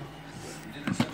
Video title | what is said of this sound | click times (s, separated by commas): How to put together a electric fireplace | now did that just like click right | 0.9 s, 1.0 s